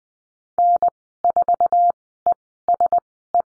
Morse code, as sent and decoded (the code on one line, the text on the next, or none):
-. ....- . ... .
N4ESE